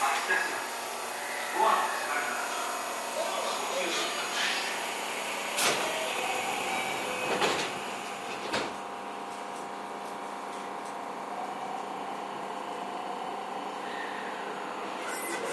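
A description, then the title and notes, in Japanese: A ride aboard a JR 207 series train between Kyobashi and Takarazuka, with a steady rumble and a humming motor whine throughout. Sharp clacks from the track land around six, seven and a half, and eight and a half seconds, and then the ride settles into an even drone. JR207系 京橋〜宝塚。JR東西線、宝塚線の区間で録音しました。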